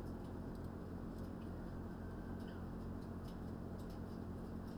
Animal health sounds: poultry house recording; no chicken sound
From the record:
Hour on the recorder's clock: 20

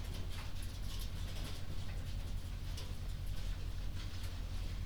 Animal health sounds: poultry house recording; no chicken sound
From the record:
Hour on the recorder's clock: 21

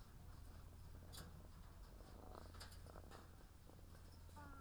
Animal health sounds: poultry house recording; sick chickens (respiratory disease)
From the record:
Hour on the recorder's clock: 17

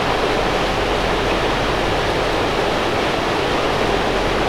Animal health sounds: poultry house recording; no chicken sound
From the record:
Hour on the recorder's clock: 16

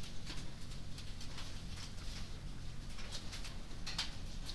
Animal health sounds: poultry house recording; no chicken sound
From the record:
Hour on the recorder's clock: 22

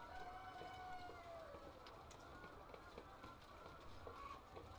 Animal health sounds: poultry house recording; healthy chickens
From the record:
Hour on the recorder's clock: 7

